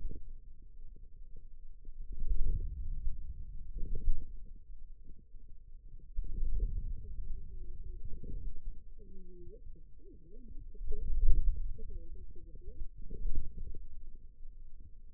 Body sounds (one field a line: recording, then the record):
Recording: forearm muscle sounds (acoustic myography)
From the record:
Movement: inward rotation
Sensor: system 2, bracelet of six BSWA MPA416 microphones around the upper forearm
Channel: 3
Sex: female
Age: 21 years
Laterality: right